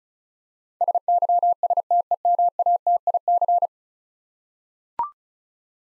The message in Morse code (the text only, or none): SYSTEMATIC